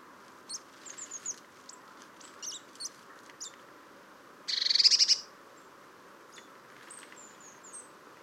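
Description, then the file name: Eurasian blue tit: several scattered high, thin call notes, then one rapid stuttering buzzy churr midway, then more faint high notes. "Cyanistes caeruleus"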